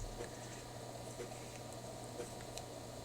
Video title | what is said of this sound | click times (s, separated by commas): Implant Prosthodontics - Master cast Vol.1 | it should click | 2.6 s